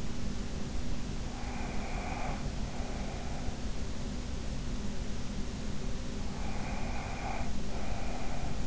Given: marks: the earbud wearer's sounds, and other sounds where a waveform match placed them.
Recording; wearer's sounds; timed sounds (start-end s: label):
sounds in sleep by an in-ear microphone; breath
1.35-3.74 s: breath
6.34-8.67 s: breath